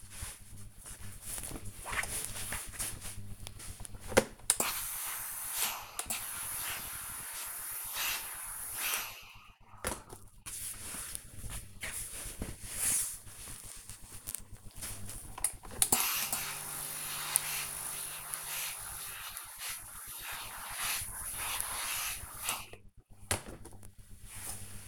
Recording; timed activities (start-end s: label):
household activities, microphone on the right wrist
3.15-24.88 s: ironing laundry